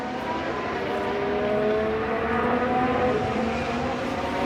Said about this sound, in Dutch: Het geluid van de zescilinder hybride motoren klinkt bescheiden. Helemaal als ik terugdenk aan al die motoren die de afgelopen afleveringen voorbij zijn gekomen.